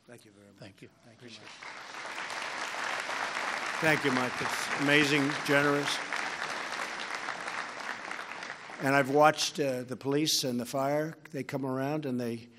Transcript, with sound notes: Thank you very much.
Thank you. Appreciate it. (Applause.)
Thank you, Mike. It’s amazing, generous. And I’ve watched the police and the fire—they come around and